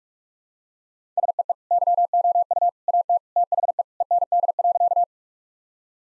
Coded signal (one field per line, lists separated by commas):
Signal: Morse code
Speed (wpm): 46 wpm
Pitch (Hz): 700 Hz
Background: none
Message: SEE YOU AT THE END.